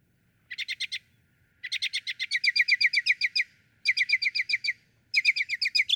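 Northern mockingbird song, a rapid series of repeated chirping notes delivered in bursts, each phrase a quick rattling string of identical syllables.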